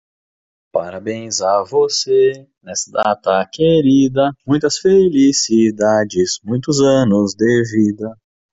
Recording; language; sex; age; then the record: short text; Brazilian Portuguese; male; 30 to 39 years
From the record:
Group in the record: control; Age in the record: 32 years